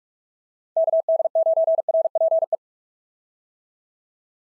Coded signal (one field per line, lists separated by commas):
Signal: Morse code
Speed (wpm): 44 wpm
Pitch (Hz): 650 Hz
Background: none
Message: KD9RPE